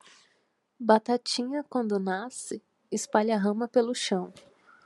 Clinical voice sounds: short text; Brazilian Portuguese; female; 30 to 39 years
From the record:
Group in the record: control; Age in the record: 32 years

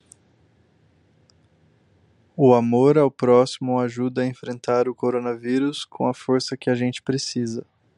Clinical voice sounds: spoken sentence; Brazilian Portuguese; male; 20 to 29 years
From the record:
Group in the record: control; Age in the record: 29 years

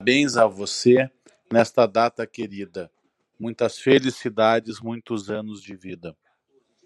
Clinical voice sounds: short text; Brazilian Portuguese; male; 40 to 49 years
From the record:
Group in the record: control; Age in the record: 41 years

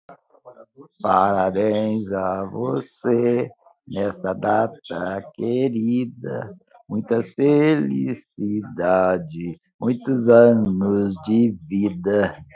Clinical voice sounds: short text; Brazilian Portuguese; male; 70 to 79 years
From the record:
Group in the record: control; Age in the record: 71 years

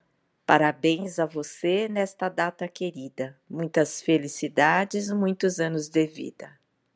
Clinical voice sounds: short text; Brazilian Portuguese; female; 50 to 59 years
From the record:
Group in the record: control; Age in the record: 55 years

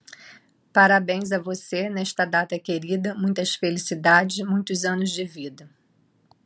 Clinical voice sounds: short text; Brazilian Portuguese; female; 50 to 59 years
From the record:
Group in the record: control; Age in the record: 54 years

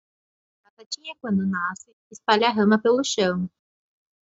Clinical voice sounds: short text; Brazilian Portuguese; female; 20 to 29 years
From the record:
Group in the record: control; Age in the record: 25 years

